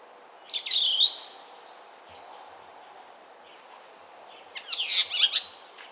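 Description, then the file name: Chestnut-cheeked starling calls: a harsh, buzzy chirp near the start and a cluster of scratchy, chattering notes toward the end, with quiet hiss between. "Sturnus philippensis"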